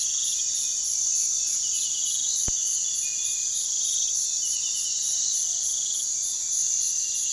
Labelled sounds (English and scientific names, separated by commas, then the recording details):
none
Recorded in pastures near Puerto Asís, Putumayo, Colombia, on 20 February 2024 at 05:30
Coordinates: 0.468, -76.328
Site G6414